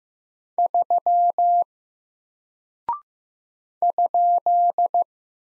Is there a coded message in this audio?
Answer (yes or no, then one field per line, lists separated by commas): yes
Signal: Morse code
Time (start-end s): 0.6-5.0 s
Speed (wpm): 15 wpm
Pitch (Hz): 700 Hz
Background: none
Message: 3 ?